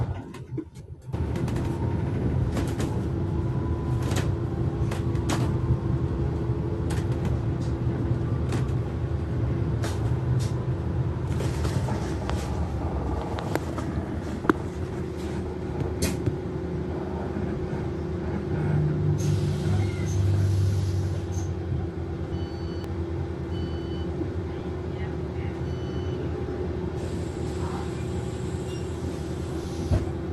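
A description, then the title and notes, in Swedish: A bus ride with a steady, heavy engine rumble and a constant low drone throughout. Frequent sharp clicks and rattles come through in the first half, and faint high-pitched whines appear around twenty seconds and again near the end. Åka Buss.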